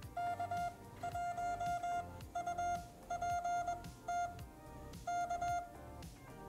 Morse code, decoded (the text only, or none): K1UPT K